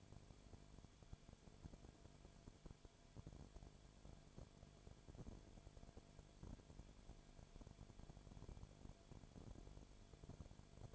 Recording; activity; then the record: daily activity, microphone in the room; no activity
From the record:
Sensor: 5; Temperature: 19.9 degrees Celsius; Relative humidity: 35.7%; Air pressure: 1003.4 hPa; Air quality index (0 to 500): 56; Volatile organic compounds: 1 ppm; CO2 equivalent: 634 ppm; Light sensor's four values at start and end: 2/3/1/1 and 2/3/1/1